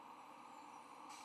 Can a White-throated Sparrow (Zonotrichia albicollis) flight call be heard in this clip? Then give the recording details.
no. No flight call is heard. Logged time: 05:11 on 9 November 2014